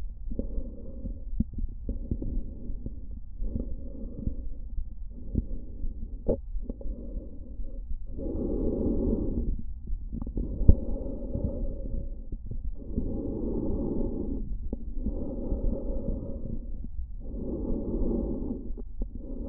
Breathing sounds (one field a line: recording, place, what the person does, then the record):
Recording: lung sounds by stethoscope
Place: trachea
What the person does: quiet breathing, then deep breathing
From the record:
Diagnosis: interstitial lung disease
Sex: male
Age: 74 years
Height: 160 cm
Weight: 54 kg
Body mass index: 21.1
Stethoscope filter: diaphragm mode